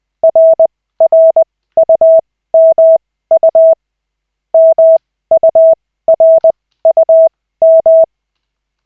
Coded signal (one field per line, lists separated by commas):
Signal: Morse code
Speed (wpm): 20 wpm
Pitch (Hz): 650 Hz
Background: none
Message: RRUMU MURUM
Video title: Koch 3/40, 16.12.2024, 2nd CW practice session